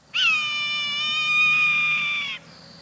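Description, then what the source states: Swainson's Hawk giving a drawn-out, high, reedy scream that lasts over two seconds, swells slightly in the middle and sags in pitch as it ends. Late summer in Canada; the hawk is about to set off on its migration.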